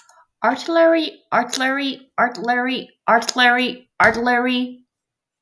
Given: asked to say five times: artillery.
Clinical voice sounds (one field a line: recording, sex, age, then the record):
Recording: repeated word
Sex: female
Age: 30 to 39 years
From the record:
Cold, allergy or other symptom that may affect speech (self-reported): no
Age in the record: 34 years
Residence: Virginia, United States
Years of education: 15